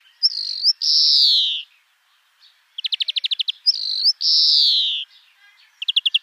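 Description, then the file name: European greenfinch giving long, descending nasal wheezes alternating with rapid rattling trills, repeated twice in a few seconds. "Chloris chloris"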